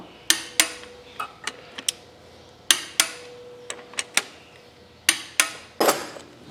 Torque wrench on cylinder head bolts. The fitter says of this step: hear that click on each one either